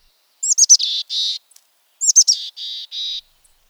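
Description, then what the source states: Mountain Chickadee giving two chick-a-dee calls, each a few high thin notes followed by two or three harsh, husky buzzy dee notes, repeated after about a second and a half. Husky voice; heard among conifers in the Rockies.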